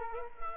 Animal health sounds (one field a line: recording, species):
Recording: mosquito wingbeat signal from an infrared sensor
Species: Culex quinquefasciatus